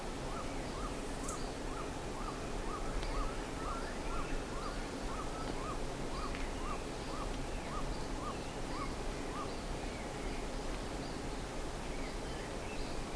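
Bird calling: a steady series of short clear notes about twice a second for roughly nine seconds, over constant background noise.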